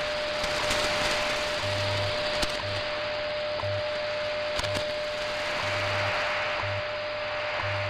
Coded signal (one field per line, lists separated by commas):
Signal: radio time signal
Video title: STANAG 4285 over WWV 09-06-2018 2317z